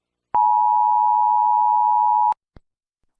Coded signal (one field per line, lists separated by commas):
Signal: Emergency Alert System (SAME) tones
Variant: 853 and 960 Hz attention tone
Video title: Eas Scenario | Acid Rain in United States | Parzival